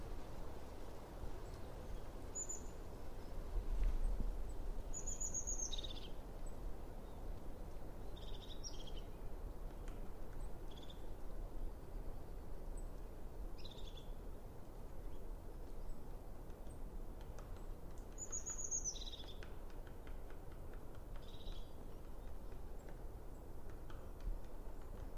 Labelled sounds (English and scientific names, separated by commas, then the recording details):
European Crested Tit (Lophophanes cristatus) call
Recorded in the wild
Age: adult
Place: Bernau bei Berlin, Barnim, Brandenburg, DE
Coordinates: 52.6942, 13.5214
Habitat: mixed forest
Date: 2012-02-26 14:42
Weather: 8°C, clear, moderate winds from N
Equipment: Sound Devices 702, Sennheiser MKH 415 T, Rhode Windschutz
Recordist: Frommolt, Karl-Heinz